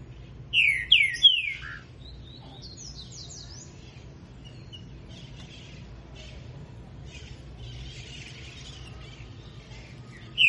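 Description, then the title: Green-winged saltator song: a burst of loud, slurred, downward whistles, then a few faint high notes and a fresh loud whistle starting right at the end. Bird singing while warming up its song. "Canto De Trinca Ferro. Trinca ferro Rex esquentando"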